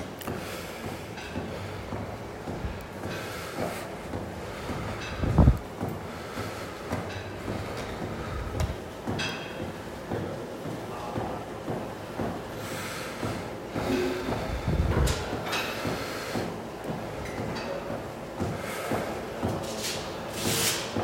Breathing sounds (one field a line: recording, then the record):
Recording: deep breathing after running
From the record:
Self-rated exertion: light exertion (2 of 6)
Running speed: 6 miles an hour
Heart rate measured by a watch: 125 beats a minute at the start, 115 at the end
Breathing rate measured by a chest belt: 13 breaths a minute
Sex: male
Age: 24 years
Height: 183 cm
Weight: 71 kg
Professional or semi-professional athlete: no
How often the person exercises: 1 to 2 times a week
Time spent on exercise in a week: under 1 hour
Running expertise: no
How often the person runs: under once a week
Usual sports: tennis